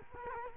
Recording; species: mosquito wingbeat signal from an infrared sensor; Culex quinquefasciatus